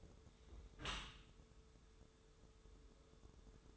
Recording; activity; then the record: daily activity, microphone in the room; close dishwasher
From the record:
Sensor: 3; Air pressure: 1015.0 hPa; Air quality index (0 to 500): 34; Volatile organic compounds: 1 ppm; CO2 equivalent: 558 ppm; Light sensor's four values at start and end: 11/26/11/11 and 11/26/11/11